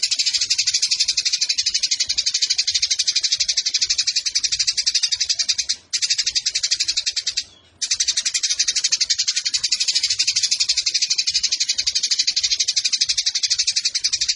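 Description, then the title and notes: Eurasian tree sparrow giving a continuous rapid high chatter of grating, buzzy notes, with two short breaks near the middle. Sparrow in fighting mode ('tarung') with long continuous bursts ('nembak panjang') and a clear voice, used as masteran training for competition birds. "GEREJA TARUNG NEMBAK PANJANG SUARA JERNIH MASTERAN WAJIB BURUNG LOMBA. Burung Gereja"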